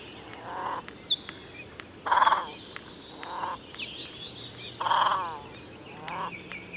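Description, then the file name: Great crested grebe giving harsh, rasping croaks in several short bursts, loudest near two seconds and again near five seconds, with thin high chirps from other birds and a low background hum. "Svasso maggiore"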